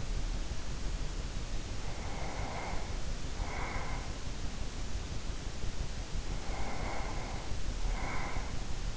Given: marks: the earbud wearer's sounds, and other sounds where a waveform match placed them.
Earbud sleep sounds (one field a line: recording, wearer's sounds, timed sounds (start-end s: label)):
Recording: sounds in sleep by an in-ear microphone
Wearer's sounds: breath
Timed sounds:
1.66-4.29 s: breath
6.43-8.97 s: breath